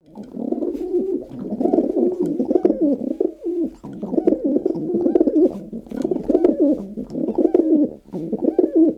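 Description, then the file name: Dove cooing: low, throaty, rolling coos run almost continuously in overlapping phrases, with brief pauses between runs. "Bird Dove"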